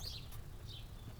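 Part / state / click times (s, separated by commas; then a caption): left retaining tab of the air filter housing cover into the housing / not seated / none. The left plastic retaining tab of the air filter housing cover on a 2009 Nissan Cube 1.8L is being handled and pressed toward the housing. Only a steady low rumble and a few faint high-pitched chirps are heard. Nothing has seated or clicked yet.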